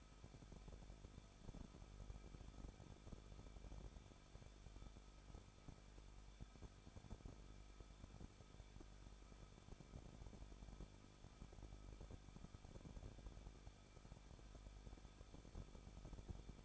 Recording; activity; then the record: daily activity, microphone in the room; no activity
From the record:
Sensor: 5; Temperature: 20.9 degrees Celsius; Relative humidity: 38.2%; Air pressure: 1006.4 hPa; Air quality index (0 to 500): 188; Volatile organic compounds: 18 ppm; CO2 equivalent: 2638 ppm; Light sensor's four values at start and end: 2/3/1/1 and 2/3/1/1